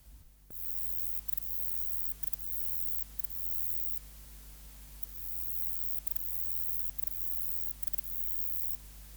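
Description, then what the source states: Conocephalus semivittatus song, a piercing high buzz that runs on with brief gaps after a short noisy start, over a low steady hum. Subspecies Conocephalus semivittatus semivittatus.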